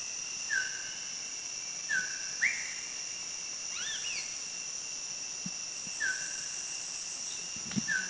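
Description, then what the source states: Philippine fairy-bluebird giving short liquid whistles at irregular intervals over a steady high insect drone. Recorded on Bohol, Philippines.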